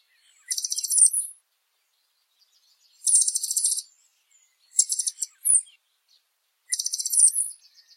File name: Canto do Sai azul